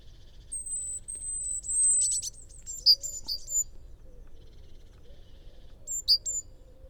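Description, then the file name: Great tit calls: a thin high whistle, then a buzzy burst and sharp high chips, more chips near the end, over a soft low hum. "Parus major"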